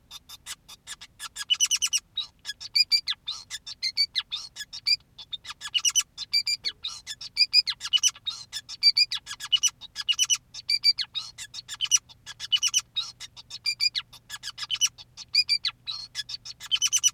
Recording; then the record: song of a male Bengalese finch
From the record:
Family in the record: son of father 2, and himself father 5